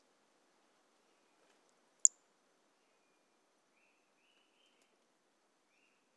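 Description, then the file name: Pumpkin toadlet call: one brief, high, clicking note breaks an otherwise quiet background. Individual 04, recorded 18 January 2018; specimen collected. "Brachycephalus mirissimus 18 jan 2018 individual 04 ex 04 A E Confetti collected MHNCI 10795"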